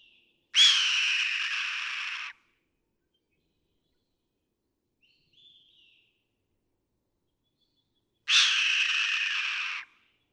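Red-tailed hawk giving two long hoarse screams about eight seconds apart, with a faint short note between them, otherwise silent.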